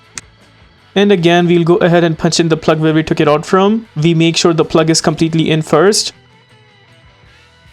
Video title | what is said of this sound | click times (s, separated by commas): DIY 2007-2017 Jeep Wrangler Tail Light Bulbs Replacement - How To Replace Wrangler Tail Light Bulbs | Once completely in, only then we will press it down until we hear a clicking sound. | 0.2 s